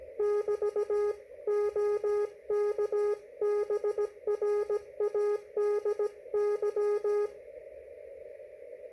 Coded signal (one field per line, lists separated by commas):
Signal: Morse code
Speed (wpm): 17 wpm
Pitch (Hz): 420 Hz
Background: none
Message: <BT> OK BRADY